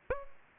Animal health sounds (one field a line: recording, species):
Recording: mosquito wingbeat signal from an infrared sensor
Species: Aedes aegypti